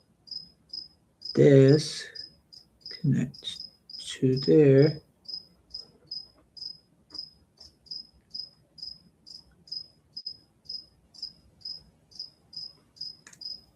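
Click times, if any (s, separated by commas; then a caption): none. A plastic model kit part is handled and lined up with its mating joint socket on the model's armature while someone talks briefly. A steady, repeating high chirping runs through the whole clip, with faint soft ticks scattered throughout. The part has not yet popped into place; nothing has seated or clicked by the end of the clip.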